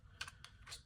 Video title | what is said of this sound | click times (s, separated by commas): BEST Fixed Blade For EDC Use!? Baltic Blades Angis Gen 2 | rattle going on there and then I'm able to kind of click it out | 0.2 s